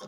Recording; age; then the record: pig call; piglet (1 to 25 days)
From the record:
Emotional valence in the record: negative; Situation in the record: short isolation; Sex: female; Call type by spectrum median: low-frequency call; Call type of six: mixed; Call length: 0.08 s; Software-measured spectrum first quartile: 450 Hz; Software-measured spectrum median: 1006 Hz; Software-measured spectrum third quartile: 2804 Hz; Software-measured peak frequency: 523 Hz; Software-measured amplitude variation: 47 dB a second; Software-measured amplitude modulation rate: 6.2 a second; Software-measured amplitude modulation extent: 7.6 dB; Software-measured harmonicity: 2.4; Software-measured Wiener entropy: -2.54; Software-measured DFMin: 932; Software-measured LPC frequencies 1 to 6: 530, 1162, 3254, 3647, 5349, 5982 Hz